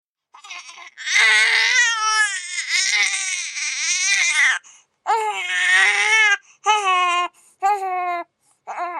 Newborn Baby cry.